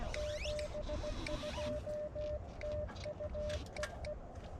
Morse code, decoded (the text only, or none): 72 TU EE